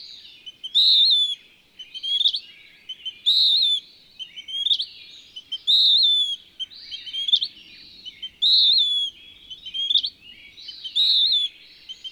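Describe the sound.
Bird song: short high whistled phrases with upward flicks, repeated steadily over a quiet background.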